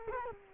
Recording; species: mosquito wingbeat signal from an infrared sensor; Culex quinquefasciatus